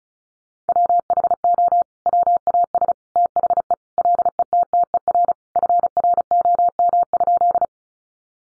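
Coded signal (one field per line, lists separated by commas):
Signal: Morse code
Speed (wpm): 34 wpm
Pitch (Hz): 700 Hz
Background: none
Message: WHO WAS THE LETTER FROM?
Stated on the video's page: Sentences from the top 300 words sent in Morse at 35 wpm for head-copy practice, each sent, spoken, then sent again.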